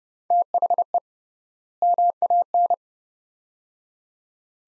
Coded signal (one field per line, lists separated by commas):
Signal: Morse code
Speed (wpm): 29 wpm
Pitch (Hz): 700 Hz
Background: none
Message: THE MAN